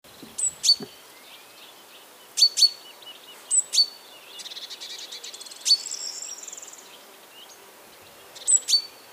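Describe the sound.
Great tit calls: sharp, high clicking notes in pairs and small clusters every one to three seconds, plus a buzzy scolding rattle in the middle, over steady background hiss.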